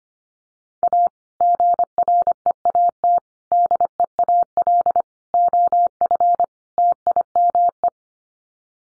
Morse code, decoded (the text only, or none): A GREAT DEAL OF TIME